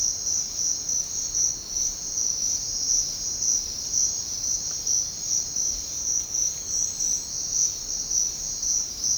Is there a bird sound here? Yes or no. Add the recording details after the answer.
no. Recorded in secondary vegetation near Puerto Asís, Putumayo, Colombia, on 13 March 2025 at 07:30. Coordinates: 0.484, -76.319. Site G010